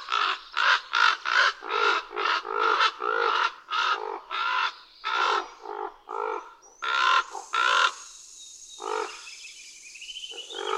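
Common raven giving a rapid run of harsh, hoarse croaks, well over a dozen in quick succession, then a pause and a few more croaks near the end.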